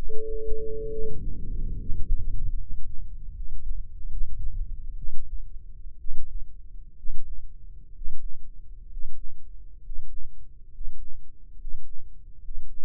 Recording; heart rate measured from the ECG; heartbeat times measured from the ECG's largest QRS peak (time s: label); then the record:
heart sounds by microphone in the left ear; 68 bpm
0.88 s: heartbeat
1.75 s: heartbeat
2.55 s: heartbeat
3.31 s: heartbeat
4.07 s: heartbeat
4.94 s: heartbeat
5.97 s: heartbeat
6.95 s: heartbeat
7.92 s: heartbeat
8.87 s: heartbeat
9.79 s: heartbeat
10.68 s: heartbeat
11.54 s: heartbeat
12.38 s: heartbeat
From the record:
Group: healthy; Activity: breath hold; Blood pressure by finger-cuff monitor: 132/79 mmHg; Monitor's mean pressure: 92 mmHg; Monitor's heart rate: 64 bpm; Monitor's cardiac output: 7.2 L/min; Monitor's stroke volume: 105 mL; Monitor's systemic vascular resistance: 960 dyn s/cm5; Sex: male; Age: 23 years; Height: 178 cm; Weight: 96.6 kg